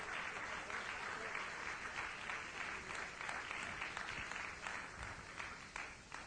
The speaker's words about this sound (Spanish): Alaba. Dale un aplauso a Cristo, que Él se lo merece.